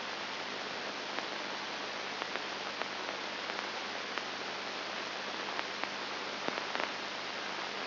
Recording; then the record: brain microelectrode recording played as sound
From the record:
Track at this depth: inside the subthalamic nucleus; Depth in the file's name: 1.106 mm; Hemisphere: left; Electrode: 2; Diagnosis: Parkinson's disease